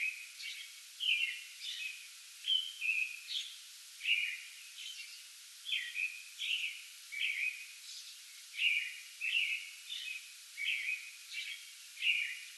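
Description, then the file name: American robin giving a long, unbroken series of whistled caroling phrases, each short and slurred, paced at a steady rapid rhythm over faint hiss. Pre-dawn song bout recorded 8 May 2022. "2022-05-08 American Robin pre-dawn song bout"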